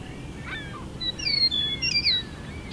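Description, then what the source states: Eastern meadowlark song: a string of clear, slurred whistles, several sliding downward. Lone male singing for several minutes from a tree, evening around dusk.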